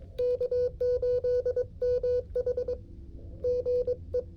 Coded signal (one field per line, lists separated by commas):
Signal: Morse code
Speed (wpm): 22 wpm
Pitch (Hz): 500 Hz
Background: music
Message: K8MH GE